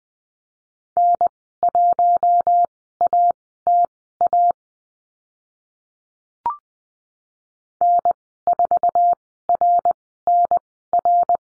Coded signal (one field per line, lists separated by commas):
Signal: Morse code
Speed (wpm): 20 wpm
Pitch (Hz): 700 Hz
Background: none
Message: N1ATA N4RNR